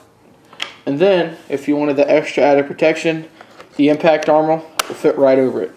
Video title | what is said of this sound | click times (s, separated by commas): Mounts available for the New Tachyon OPS | this will just click right in place to the Mount | 0.6 s